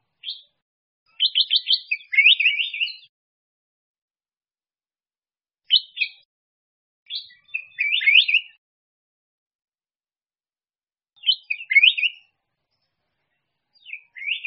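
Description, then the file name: Bulbul song in clustered bursts: fast stuttered notes running into a slurred warble, with long silent gaps between phrases. "Tieng chao mao vang"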